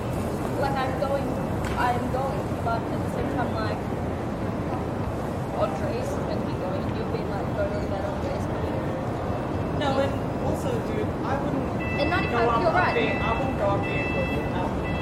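Street noise in central Sydney near Town Hall: a dense, steady low rumble of traffic fills the scene while voices of passers-by come and go throughout. Brief brighter sounds cut through around the tenth second, and a high, thin squeal rings out near the end.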